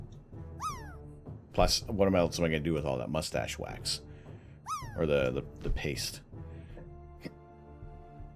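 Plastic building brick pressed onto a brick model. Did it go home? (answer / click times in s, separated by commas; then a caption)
no / none. A plastic LEGO building brick is handled and pressed toward a plastic LEGO Space Shuttle model during a build while someone talks. The piece has not seated or clicked into place yet.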